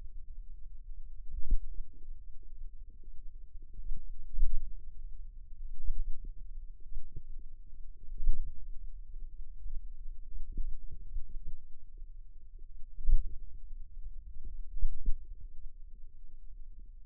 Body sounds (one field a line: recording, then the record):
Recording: forearm muscle sounds (acoustic myography)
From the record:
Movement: pen grasping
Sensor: system 2, bracelet of six BSWA MPA416 microphones around the upper forearm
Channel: 1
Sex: female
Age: 22 years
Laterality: right